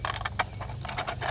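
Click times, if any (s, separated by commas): 0.4 s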